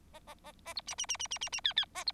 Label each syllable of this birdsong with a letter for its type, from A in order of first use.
A A A A B C C C C C C C D D A B